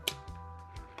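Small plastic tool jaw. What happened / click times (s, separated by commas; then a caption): The tool's jaw released the part / 0.1 s. A small tab at the back of a safety-eye tool is pressed, and the tool's jaw lets go of the seated eye washer. A sharp click sounds at 0.1 s, followed by a softer tick near 1.0 s, over a faint steady background hum. The tool releases the part.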